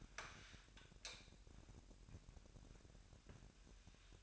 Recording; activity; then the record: daily activity, microphone in the room; light on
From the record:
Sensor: 2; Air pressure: 1011.8 hPa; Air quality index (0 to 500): 216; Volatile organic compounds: 3 ppm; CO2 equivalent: 1525 ppm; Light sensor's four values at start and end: 11/25/11/11 and 15/42/17/17